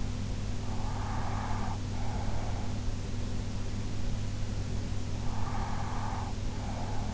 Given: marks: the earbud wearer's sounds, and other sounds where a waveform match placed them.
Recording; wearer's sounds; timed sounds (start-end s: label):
sounds in sleep by an in-ear microphone; breath
0.67-2.84 s: breath
5.30-7.14 s: breath